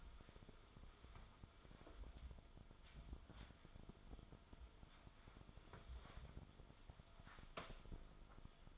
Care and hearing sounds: daily activity, microphone in the room; wipe stove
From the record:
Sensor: 5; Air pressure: 1004.9 hPa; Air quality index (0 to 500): 102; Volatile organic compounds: 2 ppm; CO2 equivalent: 1247 ppm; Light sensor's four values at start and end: 33/74/31/31 and 32/72/30/30

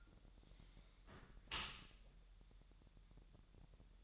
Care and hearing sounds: daily activity, microphone in the room; close dishwasher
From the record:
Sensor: 3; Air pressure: 1000.4 hPa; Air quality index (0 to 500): 247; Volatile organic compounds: 169 ppm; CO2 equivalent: 4100 ppm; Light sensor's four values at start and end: 10/24/10/10 and 10/24/10/10

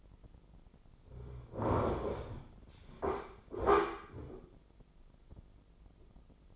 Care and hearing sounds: daily activity, microphone in the room; sit down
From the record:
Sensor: 5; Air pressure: 996.0 hPa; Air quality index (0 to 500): 246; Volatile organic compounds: 485 ppm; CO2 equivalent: 4798 ppm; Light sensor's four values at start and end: 173/414/176/192 and 173/414/175/192

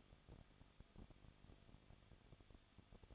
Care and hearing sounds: daily activity, microphone in the room; no activity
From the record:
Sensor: 4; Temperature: 23.0 degrees Celsius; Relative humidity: 34.2%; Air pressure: 1007.2 hPa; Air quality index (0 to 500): 217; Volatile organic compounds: 16 ppm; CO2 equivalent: 2522 ppm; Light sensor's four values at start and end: 2/3/1/1 and 2/3/1/1

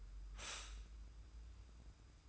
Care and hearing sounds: daily activity, microphone in the room; stop toaster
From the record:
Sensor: 2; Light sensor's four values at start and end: 30/71/29/29 and 30/71/29/29

